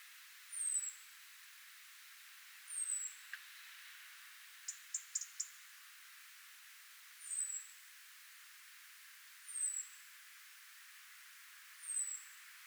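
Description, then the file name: European robin making high, thin, descending calls at intervals, with a brief cluster of sharp ticking clicks midway. "Erithacus rubecula"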